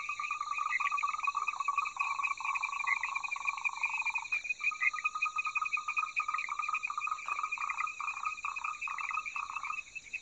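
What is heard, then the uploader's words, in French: Frogs call steadily throughout, a dense chorus of rapid, buzzing trills in a mid-to-high pitch, with stacked bright overtones above. One long unbroken trill holds for the first four seconds, then calls break into quick choppy pulses, with a brief thump near seven seconds. Grenouilles de Taiwan. Une balade de mare en mare en croisant les chants des batraciens.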